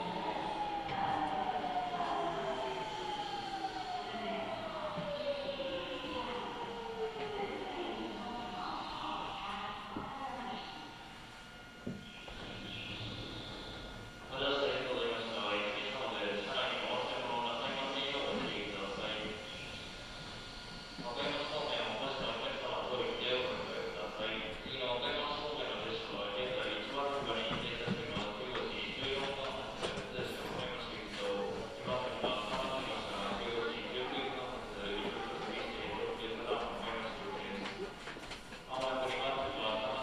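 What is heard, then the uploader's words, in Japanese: Aboard a Nankai Line local train from Izumisano toward Hakotsukuri, a falling whine of the motors opens the clip as the train slows. After a brief quieter lull around twelve seconds, a busy mix of voices and a steady hum fill the rest, with clattering running noise throughout. 耳で楽しむ鉄道旅 南海電鉄南海線 普通 泉佐野→箱作。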